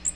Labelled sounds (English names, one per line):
Magnolia Warbler flight call